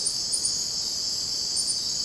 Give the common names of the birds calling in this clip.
none